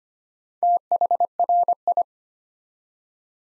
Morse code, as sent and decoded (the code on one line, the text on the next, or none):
- .... .-. ..
THRI